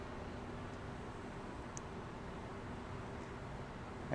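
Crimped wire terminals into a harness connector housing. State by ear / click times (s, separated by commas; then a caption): seated / 1.8 s, 4.1 s. Crimped wire terminals are pushed into a plastic harness connector housing for a B-series engine swap into a 4th-generation Honda Civic, against a steady low background hiss. Sharp, faint clicks are heard at 1.8 s and 4.1 s as the terminals click in, and they are all seated.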